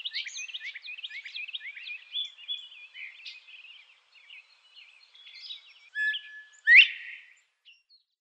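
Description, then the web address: Northern bobwhite giving one loud two-part whistle, a level note followed by a sharp upward snap, after a long stretch of busy chirps. Male, display call. "Schulze Peter Northern Bobwhite male display"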